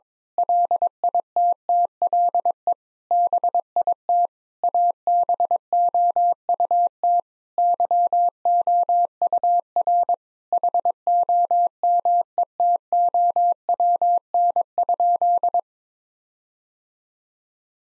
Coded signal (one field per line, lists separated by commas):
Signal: Morse code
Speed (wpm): 22 wpm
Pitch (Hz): 700 Hz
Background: none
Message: LITTLE BIT ABOUT YOUR HOMETOWN?